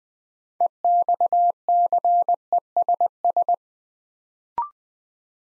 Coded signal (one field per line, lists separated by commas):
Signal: Morse code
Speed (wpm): 20 wpm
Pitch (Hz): 700 Hz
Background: none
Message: EXCESS